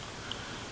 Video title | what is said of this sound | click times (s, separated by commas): Beast Wars TransMetal Rattrap Review | this little hinge back here is made when it flips up it does lock into place and I mean | 0.3 s